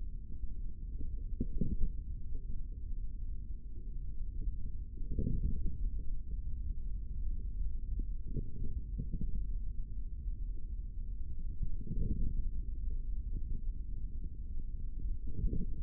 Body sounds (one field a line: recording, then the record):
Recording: forearm muscle sounds (acoustic myography)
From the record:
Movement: index flexion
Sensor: system 3, bracelet of six PUI Audio POM-2738L microphones around the upper forearm, with dedicated amplification and filtering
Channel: 6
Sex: male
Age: 25 years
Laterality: right